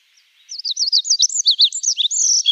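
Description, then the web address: Olive-backed pipit song, a brief burst of high wavy, looping notes delivered quickly and ending in a thin buzz. "Schulze Peter Olive-backed Pipit song"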